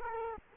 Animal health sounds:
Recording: mosquito wingbeat signal from an infrared sensor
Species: Culex quinquefasciatus

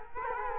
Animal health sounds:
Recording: mosquito wingbeat signal from an infrared sensor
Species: Culex quinquefasciatus

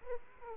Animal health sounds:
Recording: mosquito wingbeat signal from an infrared sensor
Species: Aedes aegypti

